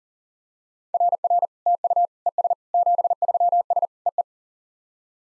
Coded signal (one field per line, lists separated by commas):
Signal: Morse code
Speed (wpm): 40 wpm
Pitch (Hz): 700 Hz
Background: none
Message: RR TU ES 73S EE